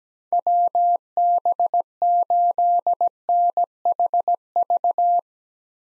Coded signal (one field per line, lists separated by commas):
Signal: Morse code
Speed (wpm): 17 wpm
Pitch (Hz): 700 Hz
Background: none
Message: WB8NHV